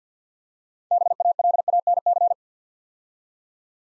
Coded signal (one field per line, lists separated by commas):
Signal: Morse code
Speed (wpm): 50 wpm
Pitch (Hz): 700 Hz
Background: none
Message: BALANC